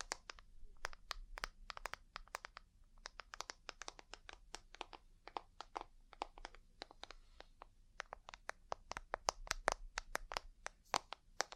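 Ear cleaning and massage with quick tapping: sharp, crisp taps fall in an irregular stream, several per second, with brief gaps and busier stretches. A soft low rumble and faint rubbing sit beneath the taps throughout.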